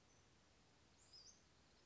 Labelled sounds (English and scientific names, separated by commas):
Western Flycatcher (Empidonax difficilis)